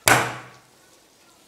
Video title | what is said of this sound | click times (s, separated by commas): מילוי מחדש מטחנה חד פעמית + הסרת נייר מזכוכית | That's a hell of a click! | 0.1 s